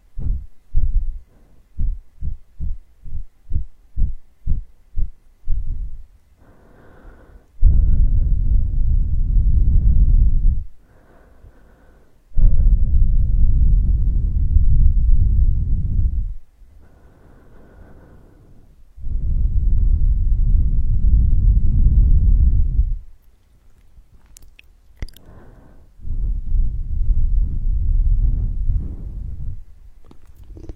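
Muffled ear massage: quick rhythmic taps for six seconds, then long deep rubbing strokes with pauses, a brief sharp click near twenty-five seconds.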